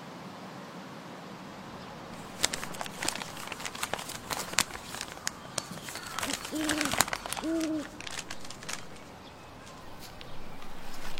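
A book is opened and handled, giving a dense run of sharp crackles, snaps and taps from about two seconds to nine seconds. Two brief squeaky tones cut in near the six-and-a-half and eight-second marks. A low, steady hiss fills the quieter start and end.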